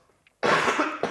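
After a brief silence, an adult man gives one loud, harsh cough burst of about half a second, followed by the start of a second. The cough sounds loose and rattling, a wet, productive cough as mucus loosens during a cold, after several days of taking an expectorant.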